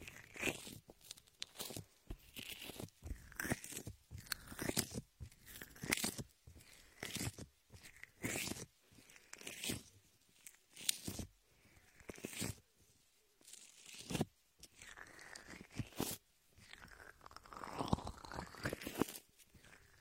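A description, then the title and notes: Latex gloves work shaving foam in a ear massage, giving wet squelching, crackling and squeaky rubbing sounds. The strokes come in quick irregular bursts, about one or two each second, with brief silent gaps between. Some rubs carry rising and falling squeaks. Latex ear massage with shaving foam for comfort.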